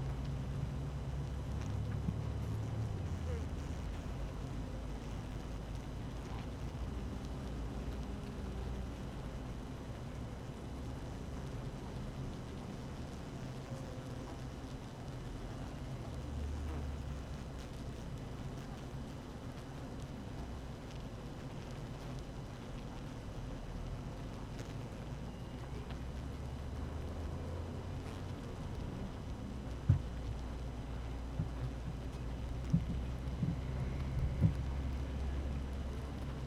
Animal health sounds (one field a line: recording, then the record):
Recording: honeybee colony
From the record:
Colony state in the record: active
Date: 12 June 2018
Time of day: 7:45